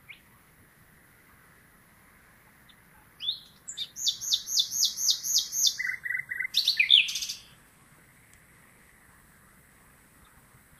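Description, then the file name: Common nightingale song: a short opening note, then a rapid series of repeated sharp notes, followed by lower liquid notes and a harsh rattling flourish. "Luscinia megarhynchos"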